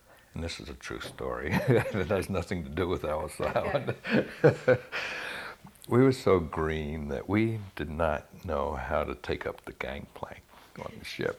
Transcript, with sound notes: and this was a true story it has nothing to do with Ellis Island. (he laughs) We were so green that we did not know how to take up the gangplank on the ship.